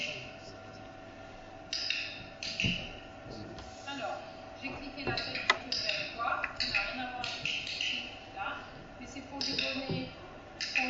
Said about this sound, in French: En plus, il y a des clics un petit peu partout dans la salle, vu que chacun fait un exercice avec son chien.